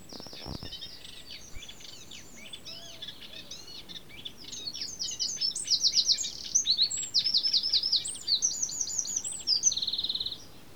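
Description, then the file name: Eurasian wren song, a long outpouring of rapid high chattering notes and loud rattling trills, swelling in volume midway and ending in a dry buzzy trill. "Troglodytes troglodytes"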